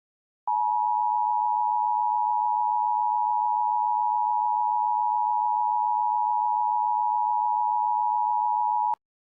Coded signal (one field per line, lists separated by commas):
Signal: Emergency Alert System (SAME) tones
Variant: 853 and 960 Hz attention tone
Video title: Des Moines Mock EAS